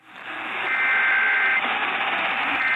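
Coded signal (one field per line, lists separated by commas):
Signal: Emergency Alert System (SAME) tones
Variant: header bursts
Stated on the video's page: Required Monthly and Weekly Tests received on a collection of 100 radios sounding together.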